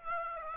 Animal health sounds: mosquito wingbeat signal from an infrared sensor; Aedes aegypti

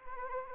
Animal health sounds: mosquito wingbeat signal from an infrared sensor; Anopheles arabiensis

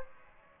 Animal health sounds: mosquito wingbeat signal from an infrared sensor; Aedes aegypti

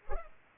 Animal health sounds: mosquito wingbeat signal from an infrared sensor; Culex pipiens

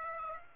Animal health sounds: mosquito wingbeat signal from an infrared sensor; Aedes aegypti

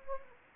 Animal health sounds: mosquito wingbeat signal from an infrared sensor; Anopheles gambiae

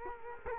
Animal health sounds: mosquito wingbeat signal from an infrared sensor; Culex quinquefasciatus

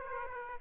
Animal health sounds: mosquito wingbeat signal from an infrared sensor; Aedes aegypti

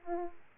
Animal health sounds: mosquito wingbeat signal from an infrared sensor; Aedes aegypti

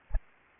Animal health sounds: mosquito wingbeat signal from an infrared sensor; Anopheles arabiensis

